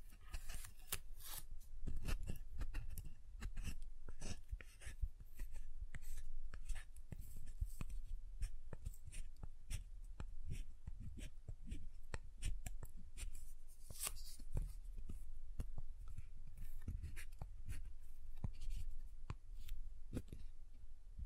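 Soap being tapped and carved, with dense, irregular clicks and scrapes continuing throughout over a low rumble, some strokes brighter and sharper.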